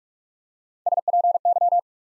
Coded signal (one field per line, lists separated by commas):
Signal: Morse code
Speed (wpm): 44 wpm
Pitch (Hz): 700 Hz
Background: none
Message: S P Y